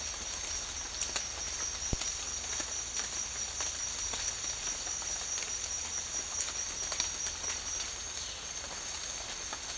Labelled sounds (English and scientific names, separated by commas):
none